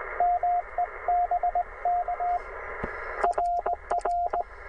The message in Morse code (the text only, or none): MEBK RR